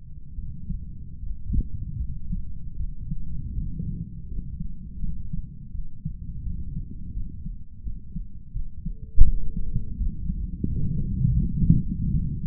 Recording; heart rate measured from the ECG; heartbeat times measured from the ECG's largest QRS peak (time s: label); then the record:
heart sounds by stethoscope; 82 bpm
0.35 s: heartbeat
1.20 s: heartbeat
1.98 s: heartbeat
2.77 s: heartbeat
3.55 s: heartbeat
4.28 s: heartbeat
5.00 s: heartbeat
5.72 s: heartbeat
6.43 s: heartbeat
7.14 s: heartbeat
7.83 s: heartbeat
8.53 s: heartbeat
9.24 s: heartbeat
9.98 s: heartbeat
10.68 s: heartbeat
11.39 s: heartbeat
12.11 s: heartbeat
From the record:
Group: healthy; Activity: rest 0-9 s, cold pressor test 9-12 s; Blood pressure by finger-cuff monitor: 121/70 mmHg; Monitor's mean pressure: 83 mmHg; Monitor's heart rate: 83 bpm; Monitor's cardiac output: 7.9 L/min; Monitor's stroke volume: 97 mL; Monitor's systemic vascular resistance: 770 dyn s/cm5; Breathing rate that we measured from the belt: 20 breaths a minute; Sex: male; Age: 35 years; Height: 180 cm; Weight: 86.9 kg